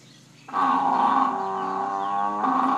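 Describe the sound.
Buffalo letting out a loud, steady, low moan of about two seconds that continues to the end.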